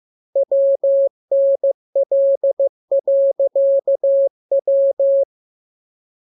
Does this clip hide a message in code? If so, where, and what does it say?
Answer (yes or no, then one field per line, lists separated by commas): yes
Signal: Morse code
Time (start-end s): 0.4-5.2 s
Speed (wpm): 15 wpm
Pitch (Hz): 550 Hz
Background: none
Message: WNL.W